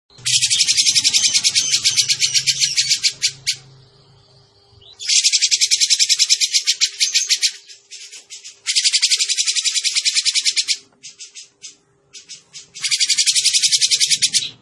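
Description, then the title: Grey-cheeked bulbul song: dense, rapid buzzy trills in bursts of two to over three seconds separated by short pauses, with a low hum early on and a faint steady tone. Caged-bird training recording (masteran) of continuous clear singing in the ngebren style; bird described as gacor (singing constantly). "Cucak Jenggot Gacor. Masteran Cucak Jenggot Suara Ngebren Jernih"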